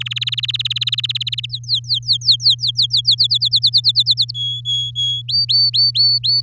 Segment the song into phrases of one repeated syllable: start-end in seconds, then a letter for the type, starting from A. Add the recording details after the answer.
0.00-1.46 A, 1.50-3.01 B, 3.05-4.31 C, 4.34-5.22 D, 5.28-6.41 E. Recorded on 8 May 2018 at 12:59. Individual llb16